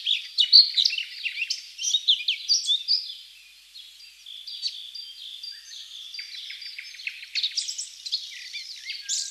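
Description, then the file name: Eurasian blackcap giving a loud burst of jumbled warbling notes, a brief quieter lull, then a softer, steadier warble resuming and rising again at the end. "Sylvia atricapilla"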